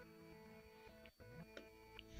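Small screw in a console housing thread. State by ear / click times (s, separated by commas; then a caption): not seated / none. A small screw is handled in a console housing thread, being rotated to the left so the thread start can drop into place before tightening. Over steady background music, faint ticks are heard around 1.1, 1.6 and 2.0 seconds. Nothing has seated or clicked yet.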